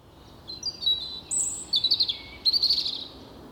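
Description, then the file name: European robin song: a thin, high warbling phrase of sliding whistles and quick rattled notes, ending in a bright twittering burst over a quiet background. "Erithacus rubecula"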